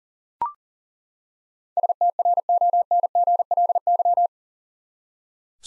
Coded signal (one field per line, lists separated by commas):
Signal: Morse code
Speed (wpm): 40 wpm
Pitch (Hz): 700 Hz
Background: none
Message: STRONGLY